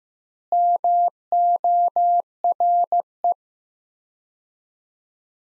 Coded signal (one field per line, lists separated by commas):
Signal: Morse code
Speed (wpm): 15 wpm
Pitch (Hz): 700 Hz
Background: none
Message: MORE